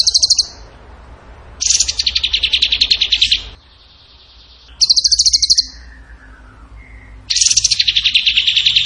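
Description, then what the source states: Bird song: strident high trills in bursts, some dropping in pitch, with a soft falling whistle during a pause. Training recording (masteran) of a bird singing in the gacor tembakan style.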